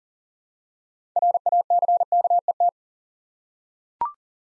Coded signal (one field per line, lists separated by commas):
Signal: Morse code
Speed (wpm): 39 wpm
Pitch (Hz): 700 Hz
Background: none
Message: RACKET